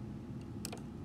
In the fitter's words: heard it okay so that click